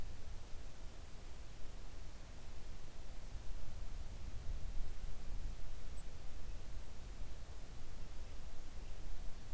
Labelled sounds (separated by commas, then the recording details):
near silence
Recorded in the Arctic National Wildlife Refuge, Alaska, on 3 August 2019 at 06:05
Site 41